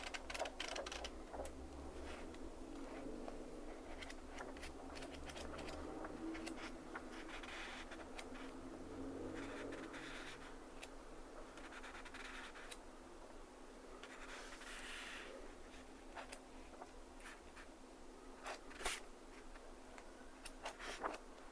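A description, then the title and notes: Pages of a book are turned at a desk, with papery rustles and brushing sounds running almost without a break. Sharper flicks and snaps stand out around the middle and near the end. A low steady hum sits underneath. 机で本をめくる音（Binaural） - sound of turning a book. 本をめくったり、とじたりする音.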